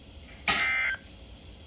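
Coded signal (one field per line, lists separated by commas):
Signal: Emergency Alert System (SAME) tones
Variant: end-of-message bursts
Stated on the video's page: Severe Thunderstorm Warning from weather radio station KIG86, Columbus, Ohio.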